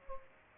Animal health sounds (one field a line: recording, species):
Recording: mosquito wingbeat signal from an infrared sensor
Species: Culex pipiens